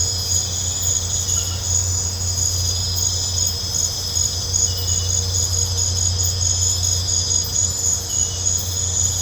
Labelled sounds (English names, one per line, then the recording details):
none
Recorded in pastures near Puerto Asís, Putumayo, Colombia, on 21 December 2024 at 20:30
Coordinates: 0.502, -76.324
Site G077